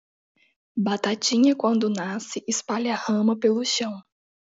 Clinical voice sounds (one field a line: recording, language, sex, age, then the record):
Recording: short text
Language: Brazilian Portuguese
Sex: female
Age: 20 to 29 years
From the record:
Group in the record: control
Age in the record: 21 years